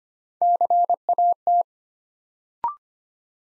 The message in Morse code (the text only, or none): CAT